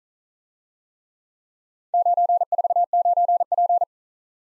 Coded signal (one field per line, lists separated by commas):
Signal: Morse code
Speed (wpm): 41 wpm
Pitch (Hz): 700 Hz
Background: none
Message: 949P